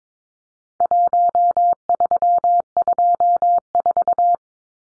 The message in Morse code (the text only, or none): 1324